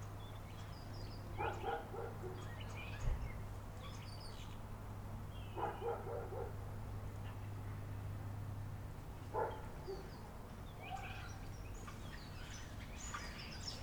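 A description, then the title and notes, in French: Outdoors in a housing estate, bird or poultry calls burst out in short clustered chirps around 1–2, 4, 6, 9–10 and 11–13 seconds. A steady low hum runs underneath until about nine seconds, with a soft constant background hiss throughout. Masevaux lotissement 13 11 18 18h. 1 x Sennheiser me64 + K6 > marantz pmd620.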